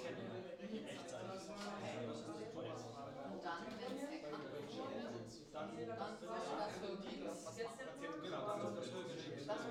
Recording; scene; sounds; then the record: everyday scene through a hearing-aid microphone; many people talking; many voices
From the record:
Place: bistro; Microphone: in the ear canal, left